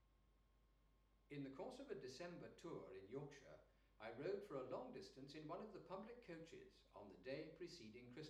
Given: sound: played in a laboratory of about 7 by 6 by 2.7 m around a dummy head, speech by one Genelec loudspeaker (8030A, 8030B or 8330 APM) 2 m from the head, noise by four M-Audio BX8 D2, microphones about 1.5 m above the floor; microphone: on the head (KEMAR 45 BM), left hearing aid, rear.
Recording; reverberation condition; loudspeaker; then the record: male speech in English; medium; 60 degrees to the left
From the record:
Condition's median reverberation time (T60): about 510 ms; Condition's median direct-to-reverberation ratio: about -0.5 dB